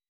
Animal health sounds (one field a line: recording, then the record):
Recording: hydrophone in a shrimp aquaculture tank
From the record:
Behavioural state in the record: weakened